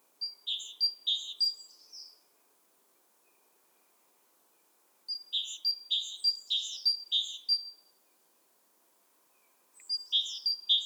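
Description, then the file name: Great tit song: quick repeated two-note phrases, sharp and high, given in three separate bursts with quiet gaps. "Parus major"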